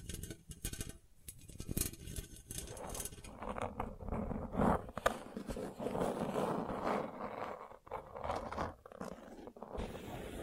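Gentle scratching, a soft, irregular rasping that comes in quick strokes throughout. Short, sharper scrapes stand out near 2, 5 and 8 seconds, with brief quiet gaps between bursts. The texture is dry and rough, mostly low to middle in pitch.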